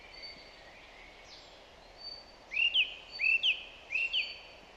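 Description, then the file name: Song thrush song: after a quiet start, a bright whistled phrase repeated three times over soft background hiss and faint high calls. "Zanglijster Turdus philomelos"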